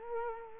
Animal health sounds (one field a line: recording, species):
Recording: mosquito wingbeat signal from an infrared sensor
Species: Culex quinquefasciatus